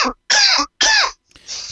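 A quick run of three harsh coughs from an adult. The first is cut off, then two loud, voiced bursts follow about half a second apart, ending in faint room noise. It is a plain cough with no wheeze or whoop.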